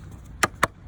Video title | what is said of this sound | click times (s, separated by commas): 2021 Buccaneer Commodore handover video from Wiltshire Caravans | clip that down to hear that click this bit then goes into your water carrier | 0.4 s, 0.6 s